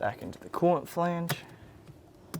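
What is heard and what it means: On a 2013–2017 Audi Q5 (MLB platform), the new lower heater core hose's plastic quick-connect fitting is being plugged back into the engine coolant flange while someone talks. The fitting has not seated or clicked into the flange yet.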